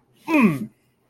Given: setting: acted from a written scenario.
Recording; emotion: vocal sound without words; pain